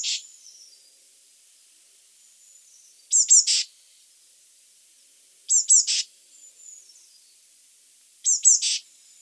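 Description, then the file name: Eurasian blue tit calls, high thin pips ending in a buzzy note, repeated about every two and a half seconds, with a faint high note between. "Cyanistes caeruleus"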